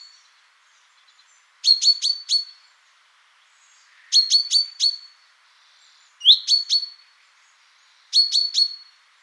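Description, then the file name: Common chaffinch calls: four short bursts of three or four sharp, high chipping notes, each burst about two seconds apart, over a quiet background. "Fringilla coelebs"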